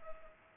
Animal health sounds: mosquito wingbeat signal from an infrared sensor; Culex pipiens

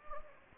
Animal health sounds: mosquito wingbeat signal from an infrared sensor; Anopheles gambiae

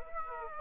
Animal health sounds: mosquito wingbeat signal from an infrared sensor; Aedes aegypti

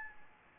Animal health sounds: mosquito wingbeat signal from an infrared sensor; Anopheles gambiae

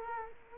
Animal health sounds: mosquito wingbeat signal from an infrared sensor; Culex quinquefasciatus

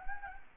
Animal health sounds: mosquito wingbeat signal from an infrared sensor; Anopheles gambiae

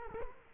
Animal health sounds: mosquito wingbeat signal from an infrared sensor; Culex quinquefasciatus

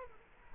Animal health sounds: mosquito wingbeat signal from an infrared sensor; Culex quinquefasciatus

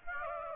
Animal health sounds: mosquito wingbeat signal from an infrared sensor; Aedes aegypti

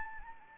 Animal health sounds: mosquito wingbeat signal from an infrared sensor; Anopheles arabiensis

